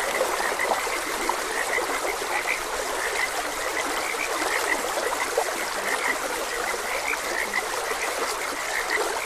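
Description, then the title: Frog: continuous chorus of many croaking frogs, short repeated chirps filling the background, with the even hiss of running water throughout. Frogs croaking beside a gentle stream. "Gentle Stream and Frogs Croaking"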